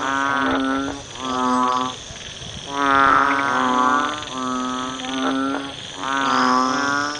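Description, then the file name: Banded bullfrog calls: several nasal, mooing notes, each up to about a second long, with short gaps between. "เสียงอึ่งอ่างร้อง"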